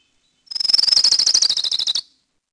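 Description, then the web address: Orange-crowned Warbler trilling, a fast, thin, high series of notes lasting about a second and a half, slowing and falling lower toward the close. "Peterson North American Birds. ocwa"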